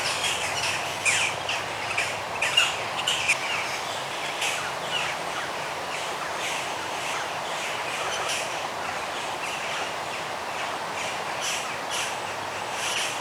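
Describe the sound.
Bird chorus of many short chirps and twittering notes, overlapping continuously over a steady background hiss.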